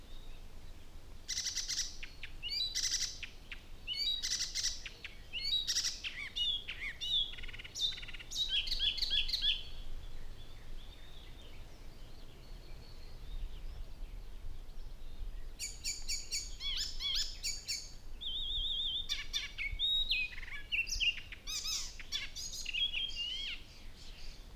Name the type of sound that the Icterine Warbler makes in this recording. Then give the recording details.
song. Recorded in the wild. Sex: male. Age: adult. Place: Lohm, Havelland, Brandenburg, DE. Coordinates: 52.8839, 12.3572. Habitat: grassland. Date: 2007-05-19 07:30. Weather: fair, 10°C, weak winds. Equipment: Sound Devices 702, Sennheiser MKH 416-T, Windkorb. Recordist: Frommolt, Karl-Heinz. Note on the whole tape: Straßenallee Richtung Lohm: Gesang. Entfernung ca. 15-20 m. Straße ist beidseitig von Eichen gesäumt